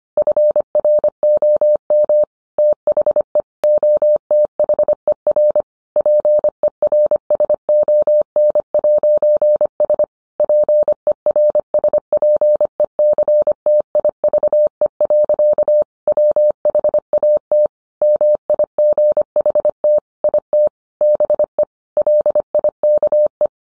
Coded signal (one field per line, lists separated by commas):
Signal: Morse code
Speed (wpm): 25 wpm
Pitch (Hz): 600 Hz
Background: none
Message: FROM THE OTHER PERSON'S PERSPECTIVE. WHAT MIGHT IT BE LIKE